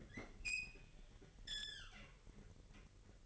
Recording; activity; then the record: daily activity, microphone in the room; open fridge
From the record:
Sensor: 4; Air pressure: 1002.7 hPa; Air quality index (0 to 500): 246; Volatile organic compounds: 18 ppm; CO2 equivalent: 2636 ppm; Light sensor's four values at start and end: 4/10/3/4 and 4/10/4/4